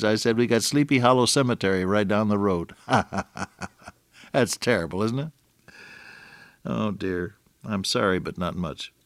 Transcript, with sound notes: I said, “We got Sleepy Hollow Cemetery right down the road.” [laughter] That’s terrible, isn’t it? Oh, dear, “I’m sorry, but not much.”